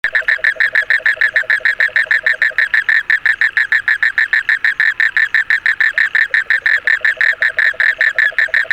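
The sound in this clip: Frog calling in a fast, steady series of short, rasping pulses, continuing without a break; a lower purring trill shows at the start and the end.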